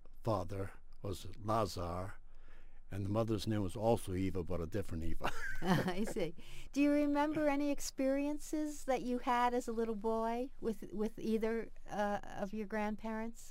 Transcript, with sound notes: father was Lazar; and mother's name was also Eva but a different Eva. (laughs)
[laughs] I see. Do you remember any experiences that you had as a little boy with either of your grandparents?